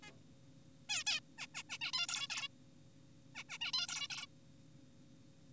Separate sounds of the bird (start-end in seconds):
0.03-0.12, 0.89-1.04, 1.07-1.20, 1.38-1.47, 1.54-1.63, 1.70-1.78, 1.82-1.92, 1.94-2.06, 2.09-2.28, 2.30-2.48, 3.35-3.44, 3.49-3.58, 3.61-3.72, 3.74-3.87, 3.89-4.08, 4.10-4.26